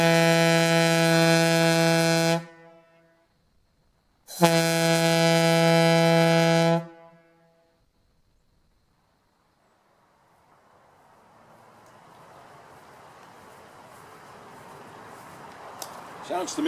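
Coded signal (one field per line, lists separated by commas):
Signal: coded fire alarm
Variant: Gamewell diaphone horn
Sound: two long, deep, rich horn blasts about 2.5 seconds each, then hissing air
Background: air hiss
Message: 2 long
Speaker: let's see what this piston does sounds to me like it's got a little bit deeper tone on that piston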